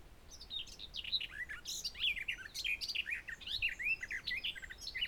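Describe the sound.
Garden warbler singing a continuous, rapid, melodious warble of tumbling mixed notes throughout, with no other clear sounds.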